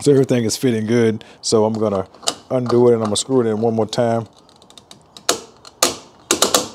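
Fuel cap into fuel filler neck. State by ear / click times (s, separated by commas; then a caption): torque reached / 5.3 s, 5.8 s, 6.3 s, 6.4 s, 6.5 s. Someone talks as a universal plastic Car Crest premium gas cap, marked to tighten to at least three clicks, is screwed into the newly installed fuel filler neck of a 2010 Buick LaCrosse as part of a P0442 fix. Its torque-limiting ratchet clicks at 5.3, 5.8, 6.3, 6.4 and 6.6 seconds. The cap fits fine and gives several clicks, more than the three required.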